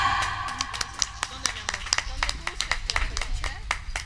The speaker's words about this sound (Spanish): Muchas gracias por sus aplausos.